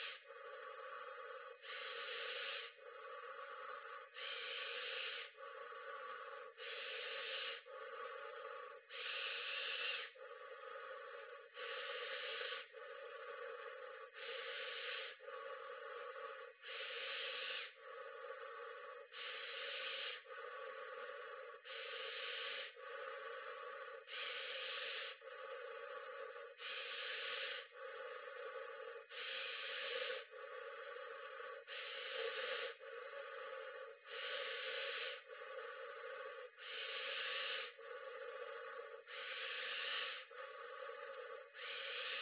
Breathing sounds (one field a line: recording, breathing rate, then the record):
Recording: paced breathing near a phone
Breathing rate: 24 breaths a minute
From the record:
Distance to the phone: 40 cm